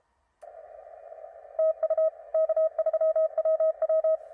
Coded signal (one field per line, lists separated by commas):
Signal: Morse code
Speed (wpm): 33 wpm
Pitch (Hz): 640 Hz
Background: none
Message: TU K3WW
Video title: #HamRadio Live! 807 For You Mom. Elecraft K4D Numbers Released #Shortwave And HF Forecast For Today